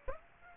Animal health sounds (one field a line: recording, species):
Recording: mosquito wingbeat signal from an infrared sensor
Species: Aedes aegypti